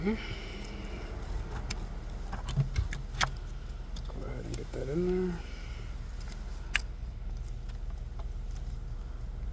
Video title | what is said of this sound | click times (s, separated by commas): 2004-2009 Dodge Durango (MAP sensor) replacement P0068 | No click on that one. It's a little suspicious there. | none